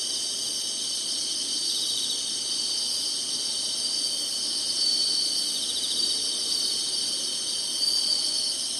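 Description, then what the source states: Continuous shrill insect trilling forms a dense high chorus, with a few brief louder notes in the second half. Summer.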